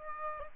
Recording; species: mosquito wingbeat signal from an infrared sensor; Aedes aegypti